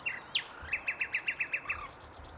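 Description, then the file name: Common nightingale song phrase: a high opening note and a quick downward sweep, then a rapid run of several identical chipping notes. "Luscinia megarhynchos"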